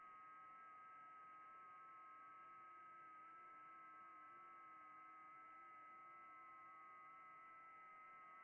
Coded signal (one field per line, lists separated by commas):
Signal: FT8